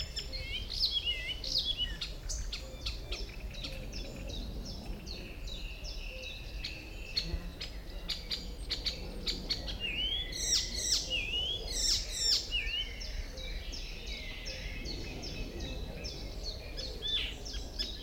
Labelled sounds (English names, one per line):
Icterine Warbler